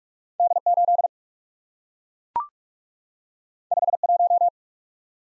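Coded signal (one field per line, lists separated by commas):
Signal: Morse code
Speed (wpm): 44 wpm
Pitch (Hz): 700 Hz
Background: none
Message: D8 51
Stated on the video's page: Morse head-copy drill at 45 wpm of random two-character letter and number combinations, each sent, spoken, then sent again.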